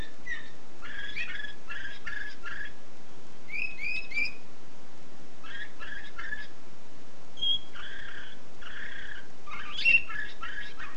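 Canary song in short chirping bursts and rolling trills separated by brief pauses, with a few clear whistled notes, over faint background hiss.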